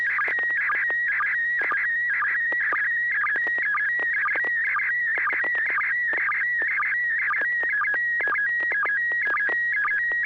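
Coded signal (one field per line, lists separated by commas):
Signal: SSTV (slow-scan television)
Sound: warbling whistle shifting pitch with rapid regular clicks several times a second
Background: low hum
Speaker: storefront of a place it looks like a hut sort of convenience store it says baja on the front but at the very top it says the house of the maybe margaritas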